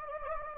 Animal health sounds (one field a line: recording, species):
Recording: mosquito wingbeat signal from an infrared sensor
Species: Anopheles gambiae